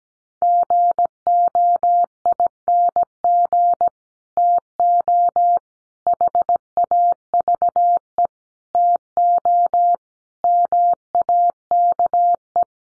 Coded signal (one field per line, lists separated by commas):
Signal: Morse code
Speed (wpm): 17 wpm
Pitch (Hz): 700 Hz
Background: none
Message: GOING TO HAVE TO MAKE